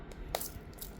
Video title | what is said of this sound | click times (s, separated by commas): Health benefits of Rosemary water... | കണ്ടോ ഇതിപ്പോ lock ആയിട്ട് കഴിഞ്ഞാൽ പിന്നെ വീഴത്തില്ല കണ്ടോ ഇങ്ങനെ വേണം ഇത് യൂസ് ചെയ്യാൻ | 0.4 s